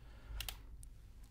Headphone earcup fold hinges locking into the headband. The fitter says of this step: those snap into place we've got the headphones they're pretty substanti they're fairly heavy feeling